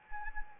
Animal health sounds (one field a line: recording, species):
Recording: mosquito wingbeat signal from an infrared sensor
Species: Anopheles arabiensis